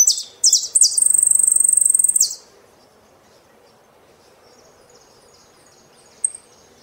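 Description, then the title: Saffron finch song: a few sharp chirps lead into a fast, buzzy trill, followed by quiet and one last high note. "Jilguero Argentino"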